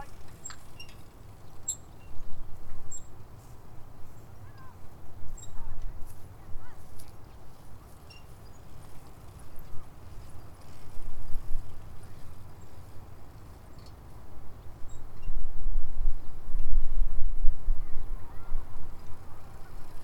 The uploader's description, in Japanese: 土手にたたずむと聞こえてくる、自転車や子どもたちの遊び声、線路を走る電車や鳥のさえずり